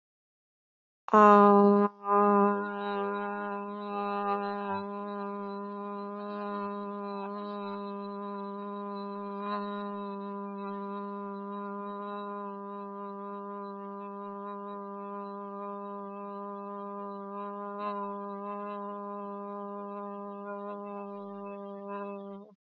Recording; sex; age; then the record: vowel held as long as possible; female; 30 to 39 years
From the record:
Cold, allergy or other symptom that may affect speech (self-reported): no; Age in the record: 39 years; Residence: Pennsylvania, United States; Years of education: 16